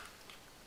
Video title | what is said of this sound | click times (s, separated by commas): LCD screen replacement Ford Focus | You hear it clicking there, right? | 0.3 s